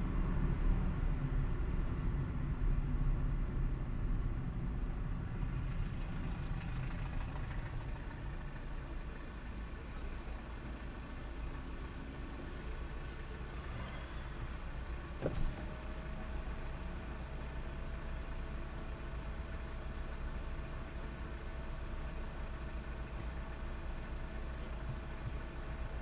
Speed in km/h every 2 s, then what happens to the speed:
24, 19, 14, 11, 0, 0, 0, 0, 0, 0, 0, 0, 0.
0-8 slows to 0. 8-26 standing.